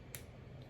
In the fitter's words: and you'll hear a metallic click